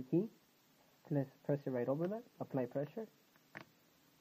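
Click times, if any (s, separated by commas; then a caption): 3.6 s. A plastic chiclet keycap on a Toshiba C850/L850 laptop keyboard is pressed down over the rubber cup and hinge clip. Someone talks throughout, and a short, sharp snap is heard at 3.6 s as the key seats into place.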